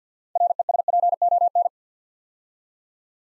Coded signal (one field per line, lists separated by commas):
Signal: Morse code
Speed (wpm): 50 wpm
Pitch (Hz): 700 Hz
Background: none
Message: RESPON